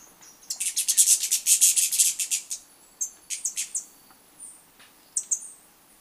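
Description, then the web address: Flame-faced tanager giving a fast burst of very high, thin, sibilant notes for about two seconds, followed by scattered sharp high chips with short pauses. Recorded in Ecuador. "Birds of Ecuador. Flame-faced Tanager"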